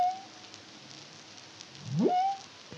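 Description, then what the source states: Humpback whale song: a faint held tone fades, then one loud rising whoop levels into a steady note, amid crackling sea noise. Caribbean, CARIMAM project, 2023.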